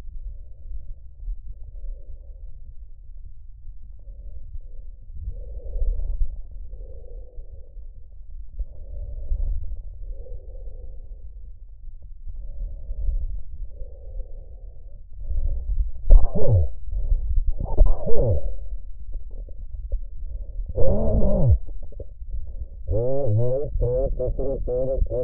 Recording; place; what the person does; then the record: lung sounds by stethoscope; trachea; quiet breathing, then cough and speech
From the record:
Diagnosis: pulmonary infection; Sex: male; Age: 54 years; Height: 187 cm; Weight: 95 kg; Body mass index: 27.2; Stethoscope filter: extended mode